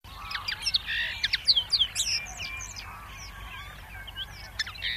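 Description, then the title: Common linnet song, a fast twittering run of short chirps and buzzy trills. "Hemppo"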